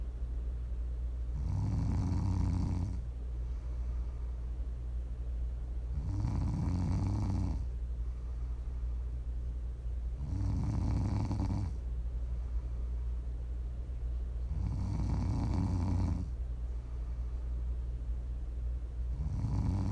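An adult snoring during sleep, offered as ASMR: low, rumbling snores recur in a steady rhythm, about one every four to five seconds, with quieter breathing between them.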